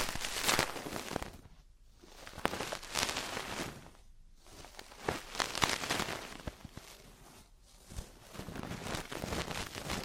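Traditional Chinese ear cleaning, heard as dense scratching and crackling scrapes that come in bursts of a second or two. Short pauses break the rustling near the two-, four- and seven-and-a-half-second marks. The sound is bright and gritty, with sharp pops scattered through it.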